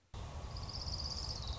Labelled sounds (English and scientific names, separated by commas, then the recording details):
Orange-crowned Warbler (Leiothlypis celata)
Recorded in Sonoma County, California